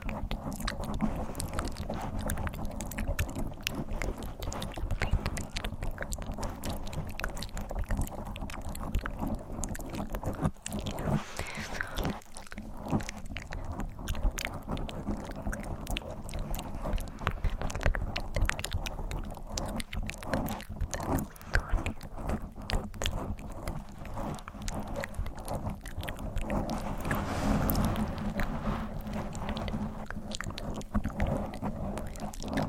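Dense scratching on a microphone runs the full length, with rapid irregular strokes and sharp clicks spread across low and bright ranges. A steady low rumble sits underneath, and a breathy swell rises briefly around ten seconds and again near twenty-eight.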